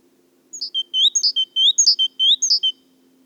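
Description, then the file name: Great tit calling a bright, clear phrase of alternating high and lower notes, repeated about four times in quick succession over a quiet background. "Parus major"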